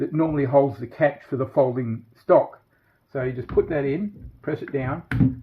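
A molded plastic, 3D-printed scope rail is handled on a blaster receiver, its front lug fitted into the lug that holds the folding-stock catch and pressed down, while someone talks throughout with a brief pause near 2.5 seconds. Nothing has seated or clicked yet by the end of the clip.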